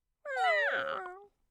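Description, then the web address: Domestic cat meow, one drawn-out harmonic wail of about a second, rising slightly then sliding gently downward at the end. Languid meow. "gatti audio miao languore"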